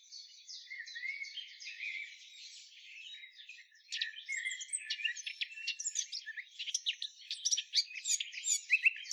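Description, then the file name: Eurasian blackcap song, a fast scratchy warbling jumble of high notes, quieter at first and growing louder and busier after about four seconds. "Sylvia atricapilla"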